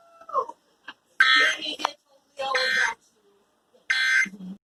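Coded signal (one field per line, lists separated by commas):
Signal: Emergency Alert System (SAME) tones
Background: speech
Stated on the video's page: Received faintly on radio from NOAA Weather Radio station at 162.550 MHz, probably also other stations.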